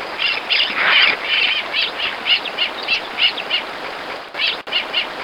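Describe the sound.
Bird calls, a steady series of chattering notes, roughly three per second, over heavy constant background hiss.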